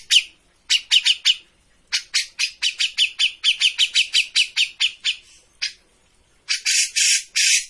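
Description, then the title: Grey-cheeked bulbul chattering steadily in rapid sharp notes for several seconds, a short pause, then a few long harsh rasping notes. Singing continuously (gacor); used as a master for bird training. "Cucak Jenggot Gacor. Masteran burung cucak jenggot ! Suaka burung"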